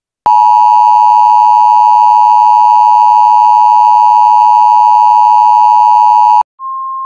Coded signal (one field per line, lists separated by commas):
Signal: Emergency Alert System (SAME) tones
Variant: 853 and 960 Hz attention tone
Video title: EAS Scenario #7:Strange Signal